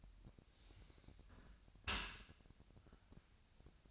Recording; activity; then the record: daily activity, microphone in the room; close dishwasher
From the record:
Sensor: 2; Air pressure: 1006.6 hPa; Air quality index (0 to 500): 200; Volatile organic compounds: 14 ppm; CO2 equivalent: 2448 ppm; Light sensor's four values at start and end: 9/21/9/9 and 9/21/9/9